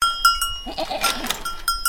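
Goat giving a short wavering bleat amid repeated ringing bell tones.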